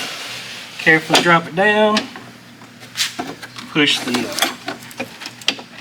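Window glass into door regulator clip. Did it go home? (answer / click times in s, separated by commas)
yes / 5.5 s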